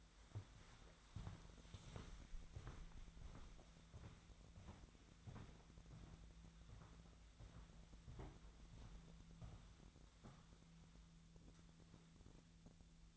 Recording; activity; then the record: daily activity, microphone in the room; walk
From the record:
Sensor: 3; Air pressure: 1008.4 hPa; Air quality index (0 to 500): 191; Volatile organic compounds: 14 ppm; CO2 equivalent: 2455 ppm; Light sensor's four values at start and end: 20/49/21/21 and 20/47/20/21